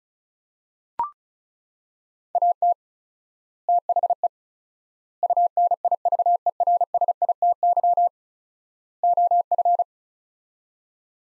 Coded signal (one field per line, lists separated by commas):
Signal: Morse code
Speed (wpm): 36 wpm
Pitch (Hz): 700 Hz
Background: none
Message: AT THE UNIVERSITY OF